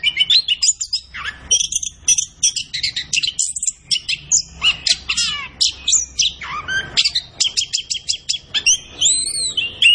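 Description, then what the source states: Orange-headed thrush song of rapid, high chirps and whistles in quick bursts, ending with a few drawn-out rising and falling whistled notes. Orange-headed thrush singing energetically in full, constant song (gacor), used as masteran training audio for other birds.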